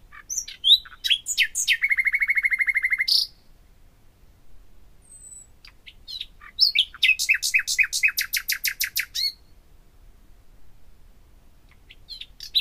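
Common nightingale song: a loud rapid churring trill of repeated notes, a few seconds of quiet, then another fast throbbing series of repeated notes.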